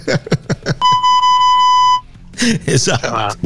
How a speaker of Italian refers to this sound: Aspetta, non ho caricato il bip delle bestemmie.